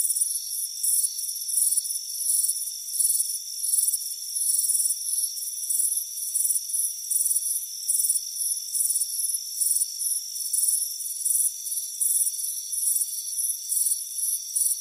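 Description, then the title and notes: Cricket chirping, high pulsed trills repeated in short bursts over a steady high hum. "Soothing Crickets Chirping Sound. It's a warm afternoon as you relax in a hammock on the front porch. Deep Sleep Sounds"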